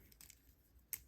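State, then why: Seated. A small plastic foot mount from a 1/144-scale Gundam Maxter model kit is slid onto the end of its display board and brought down until it seats. Faint light ticks are followed by a sharp, bright click at 0.9 s as the foot mount snaps into the stand.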